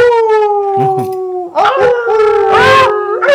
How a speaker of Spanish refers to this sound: ¿Qué dice el lobo guargo? El lobo guargo está deseando que se quite este sol tan caluroso y salir a la montaña a ver la luna.